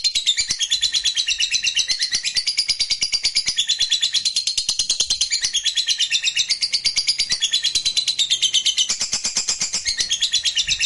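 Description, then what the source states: Lovebird chattering song, a fast, continuous stream of shrill, buzzy high notes pulsing several times a second without pause. Fighter-type lovebird singing energetically (gacor).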